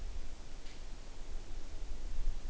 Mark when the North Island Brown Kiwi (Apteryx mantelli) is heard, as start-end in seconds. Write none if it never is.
none